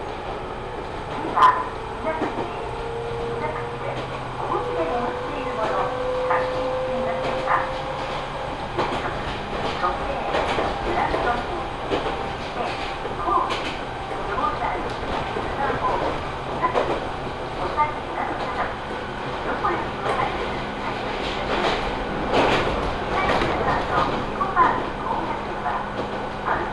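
A ride aboard an Ohmi Railway train running between Yokaichi and Kibukawa. A steady rolling rumble carries a motor whine that holds and shifts in pitch, with frequent sharp clicks and knocks from the wheels. Faint voices come and go underneath.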